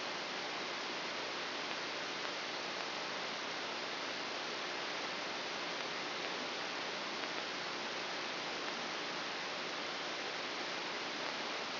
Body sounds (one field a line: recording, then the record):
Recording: brain microelectrode recording played as sound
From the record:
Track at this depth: inside the subthalamic nucleus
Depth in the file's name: 3.712 mm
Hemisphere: left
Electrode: 2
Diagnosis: Parkinson's disease